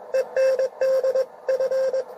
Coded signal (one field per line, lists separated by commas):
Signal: Morse code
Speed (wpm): 21 wpm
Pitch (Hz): 530 Hz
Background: radio noise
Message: END F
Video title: RADIOAFICION EN URUGUAY CX1SI GEO-cx1si qrp QRP PARTY - 28 Setiembre 2023 -participamos